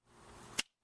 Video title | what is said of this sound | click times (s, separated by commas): Chrysler OBDII codes P0700 and P0715 | and that snaps in there and this one snaps down here | 0.6 s